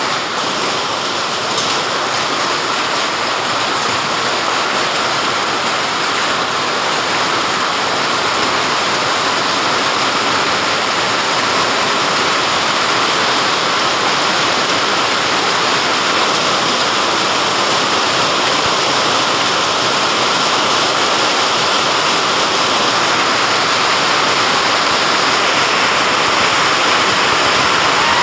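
Heavy hail mixed with rain pours down in a dense, unbroken roar, its countless rapid impacts bright and steady throughout with no lulls.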